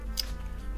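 A plastic ball joint in a Bandai PG 00 Raiser model kit is moved, then snaps back into its socket with a sharp click at 0.2 s. The click rides over a low steady hum, and the joint is seated back in place.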